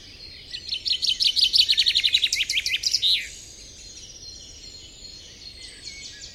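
Bird calls: a fast run of sharp, high chirps lasting about three seconds, dropping in pitch at the end, followed by quieter twitters over steady background hiss.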